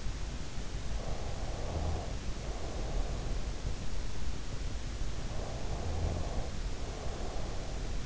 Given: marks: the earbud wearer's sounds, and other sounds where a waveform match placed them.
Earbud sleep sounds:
sounds in sleep by an in-ear microphone; breath
0.92-3.57 s: breath
5.55-8.06 s: breath

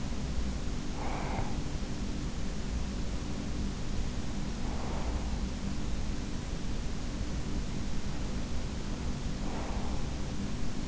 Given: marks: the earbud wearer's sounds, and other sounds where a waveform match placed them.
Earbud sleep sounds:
sounds in sleep by an in-ear microphone; breath
0.00-2.29 s: breath
4.06-6.20 s: breath
8.46-10.88 s: breath

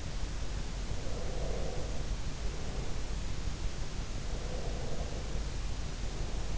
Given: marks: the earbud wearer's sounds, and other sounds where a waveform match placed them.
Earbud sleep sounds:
sounds in sleep by an in-ear microphone; breath
0.87-2.76 s: breath
4.29-6.58 s: breath

